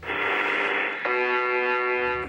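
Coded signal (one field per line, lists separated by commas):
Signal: channel marker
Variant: UVB-76 (The Buzzer)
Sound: radio hiss, then one harsh, steady buzz lasting about a second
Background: radio static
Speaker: Numéro 4. UVB76, le buzz. UB76, surnommé le buzz est un signal radio inexpliqué. Il est émis par une station à honte courte sur la fréquence 4625 kHz.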